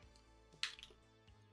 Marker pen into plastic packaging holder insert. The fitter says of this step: Hear that click?